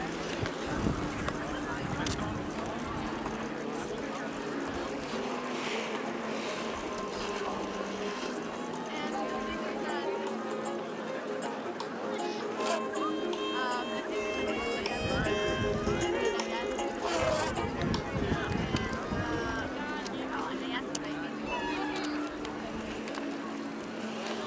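Hundreds of people go about their activities on the Tempelhofer Freiheit in Berlin, a steady murmur of many overlapping voices at an even level throughout. Brighter, clearer snatches of speech and shouts rise out of the crowd now and then, especially around fifteen to twenty seconds.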